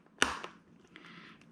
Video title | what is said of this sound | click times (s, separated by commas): Installing the Cardo Packtalk Black, down under version. | and just push towards the back and you'll hear it click | 0.2 s